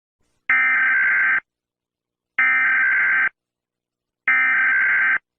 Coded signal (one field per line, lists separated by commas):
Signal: Emergency Alert System (SAME) tones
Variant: header bursts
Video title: TULSA - EAS SCENARIO MOCK